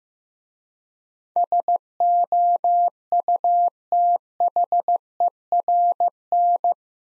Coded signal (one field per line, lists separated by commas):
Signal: Morse code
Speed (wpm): 15 wpm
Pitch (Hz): 700 Hz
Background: none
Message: SOUTHERN